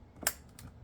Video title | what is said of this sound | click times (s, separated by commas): DO YOU NEED THIS?? UPR CATCH CAN, MUST HAVE FOR YOUR C8 CORVETTE!! | push it till you hear it click. | 0.3 s